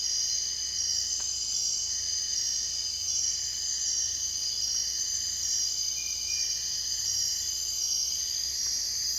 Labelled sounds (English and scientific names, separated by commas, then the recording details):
none
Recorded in dense forest near Puerto Asís, Putumayo, Colombia, on 22 June 2025 at 00:30
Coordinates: 0.468, -76.322
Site GP03